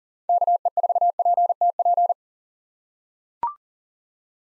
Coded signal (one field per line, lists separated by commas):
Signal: Morse code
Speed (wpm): 37 wpm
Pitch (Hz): 700 Hz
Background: none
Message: KE4PTP